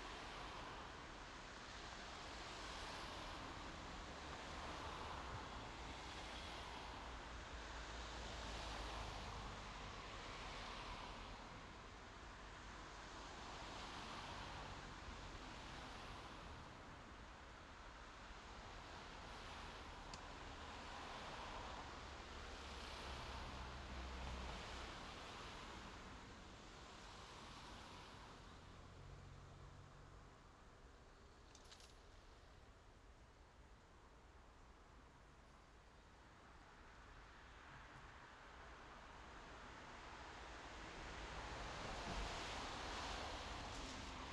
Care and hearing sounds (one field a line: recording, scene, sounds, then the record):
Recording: everyday scene through a hearing-aid microphone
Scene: in traffic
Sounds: traffic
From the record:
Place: main road on the outskirts, rush hour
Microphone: in the ear canal, left